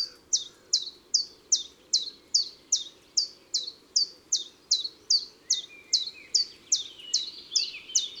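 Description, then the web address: Common chiffchaff giving a long, unbroken string of short, sharp descending notes, steadily repeated, with soft background noise and faint other birds. Recorded in March. "Mars Le Pouillot veloce. les 4 saisons des chants doiseaux"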